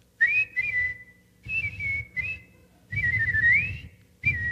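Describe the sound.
A person whistles an imitation of a bird call in several bursts, warbling and trilling up and down at a high pitch, with short pauses between phrases and a low rumble underneath.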